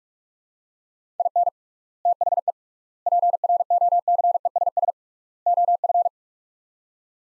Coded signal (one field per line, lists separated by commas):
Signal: Morse code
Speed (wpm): 46 wpm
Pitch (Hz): 700 Hz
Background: none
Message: IN THE PROCESS OF